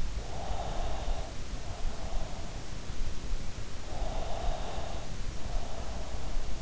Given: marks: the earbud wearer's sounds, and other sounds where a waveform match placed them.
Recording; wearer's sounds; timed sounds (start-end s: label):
sounds in sleep by an in-ear microphone; breath
0.47-2.47 s: breath
3.90-6.01 s: breath